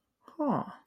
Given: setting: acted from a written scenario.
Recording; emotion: vocal sound without words; interest